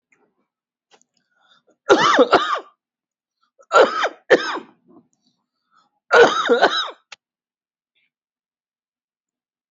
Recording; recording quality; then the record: heavy voluntary cough; excellent, no background noise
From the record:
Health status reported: COVID-19 positive, moderate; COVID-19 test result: positive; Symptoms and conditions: cough, breathing difficulty, fever, muscle pain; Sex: male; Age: 43 years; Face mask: worn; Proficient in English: yes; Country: India